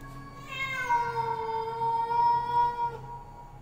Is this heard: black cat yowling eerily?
yes